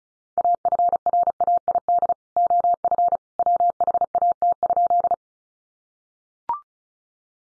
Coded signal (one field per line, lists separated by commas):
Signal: Morse code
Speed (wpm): 34 wpm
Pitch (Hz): 700 Hz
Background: none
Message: AFRAID OF WHAT?